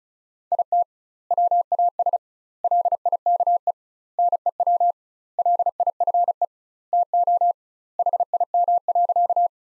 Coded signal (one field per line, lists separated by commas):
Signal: Morse code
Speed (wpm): 36 wpm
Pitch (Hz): 700 Hz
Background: none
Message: IT WAS LIKE NEW LIFE TO HIM.